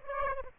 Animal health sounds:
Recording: mosquito wingbeat signal from an infrared sensor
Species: Aedes aegypti

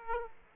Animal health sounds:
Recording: mosquito wingbeat signal from an infrared sensor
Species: Aedes aegypti

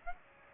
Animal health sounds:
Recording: mosquito wingbeat signal from an infrared sensor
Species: Aedes aegypti

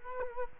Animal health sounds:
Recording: mosquito wingbeat signal from an infrared sensor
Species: Culex quinquefasciatus

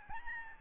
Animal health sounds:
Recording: mosquito wingbeat signal from an infrared sensor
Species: Aedes albopictus

